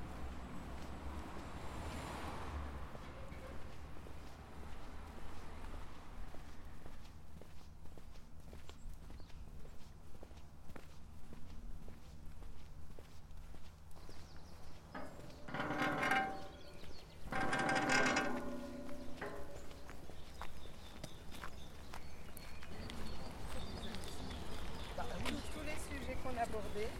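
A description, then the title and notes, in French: A walk around the surroundings of a school, with a steady low hum underneath and frequent sharp ticks and taps like footsteps throughout. Two louder, brighter bursts stand out around 15 and 18 seconds, and a short voice-like sound comes near the start. Voyage à Buc. Promenade dans les environs de l'école. Diverses ambiances.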